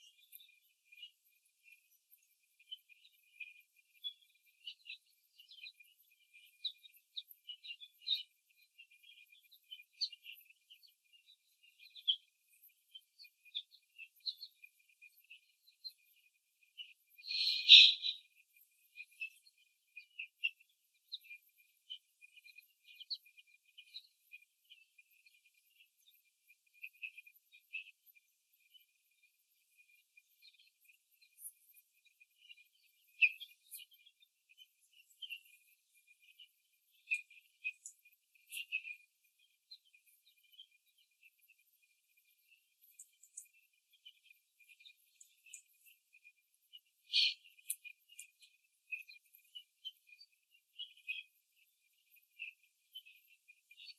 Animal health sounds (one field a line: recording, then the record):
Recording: young laying hens in a cage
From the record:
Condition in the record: after the stressor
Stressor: simulated dog barking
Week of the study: 3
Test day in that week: 1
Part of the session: 1